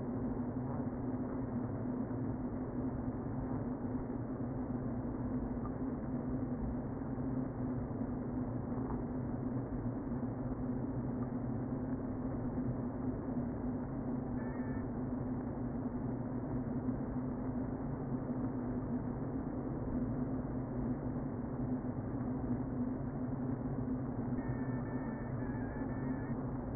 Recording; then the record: honeybee colony, microphone inside the hive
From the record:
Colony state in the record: queen present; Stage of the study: before two queens were removed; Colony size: about 60,000 bees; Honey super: yes